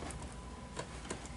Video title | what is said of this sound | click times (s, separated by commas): Lenovo All-in-One Upgrade SAVED This PC! | You hear that click, Matt? | 0.1 s, 0.8 s, 1.1 s